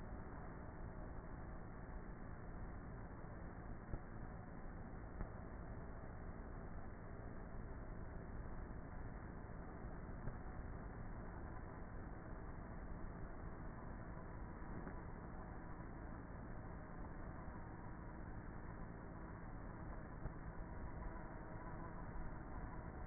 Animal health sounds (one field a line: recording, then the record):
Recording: honeybee colony, microphone inside the hive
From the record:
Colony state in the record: queenless with a low population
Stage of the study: before two queens were removed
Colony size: about 30,000 bees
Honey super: no